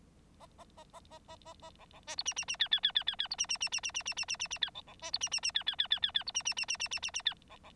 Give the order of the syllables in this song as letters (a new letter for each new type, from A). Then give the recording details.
A A A A A A A A B B C D E E E F F F F F F D E E E E E E E E E E E F B B C D E E E F F F F F F D E E E E E E E E F B B. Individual Bird9